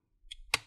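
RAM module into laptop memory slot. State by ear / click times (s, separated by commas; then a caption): seated / 0.3 s, 0.5 s. A laptop RAM stick is inserted at an angle into the memory slot of an HP Pavilion Gaming 15 and pushed down until the two side clips snap shut on it. Two sharp clicks are heard: a lighter one at 0.3 s and a louder, brighter one at 0.5 s, with soft rustling between them. The module is seated in its slot.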